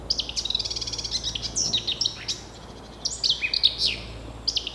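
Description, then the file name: Eurasian blackcap song: dense, fast run of chattering and whistled notes, nearly continuous, with a low hum beneath. "Sylvia atricapilla"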